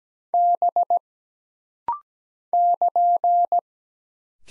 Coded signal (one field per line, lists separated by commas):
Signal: Morse code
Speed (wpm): 17 wpm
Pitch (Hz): 700 Hz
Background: none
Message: B <KN>